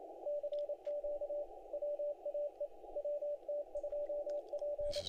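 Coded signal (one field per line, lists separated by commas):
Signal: Morse code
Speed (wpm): 25 wpm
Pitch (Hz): 560 Hz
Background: radio noise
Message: CQ WAE WT2P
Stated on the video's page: Morse from the WAE CW contest heard on the 20m band.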